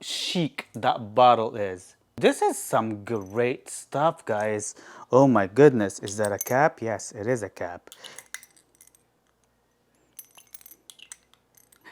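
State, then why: Seated. Someone talks for the first eight seconds, then a metal cap is pushed back onto a glass Armaf Club de Nuit Precieux perfume bottle amid a few light clinks. The cap clicks into place with a short glassy click at 10.9 s and is seated.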